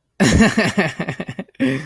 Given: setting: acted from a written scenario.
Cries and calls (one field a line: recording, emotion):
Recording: vocal sound without words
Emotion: amusement